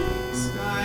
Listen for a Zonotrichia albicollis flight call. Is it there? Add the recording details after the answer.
no. No flight call is heard. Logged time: 01:33 on 4 September 2014